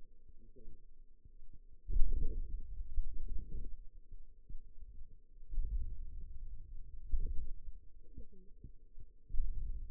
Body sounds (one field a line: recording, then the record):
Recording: forearm muscle sounds (acoustic myography)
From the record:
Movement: hand opening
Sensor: system 2, bracelet of six BSWA MPA416 microphones around the upper forearm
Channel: 3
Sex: female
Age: 21 years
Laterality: right